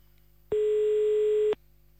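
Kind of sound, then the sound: signal or alarm, telephone ringing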